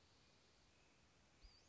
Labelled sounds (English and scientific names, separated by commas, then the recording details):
Western Flycatcher (Empidonax difficilis)
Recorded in Sonoma County, California